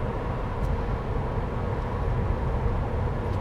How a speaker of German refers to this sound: Ich gehe davon aus, dass hier diese lauten Fahrgeräusche möglicherweise recht störend wirken können. Das werden wir dann nachher sehen.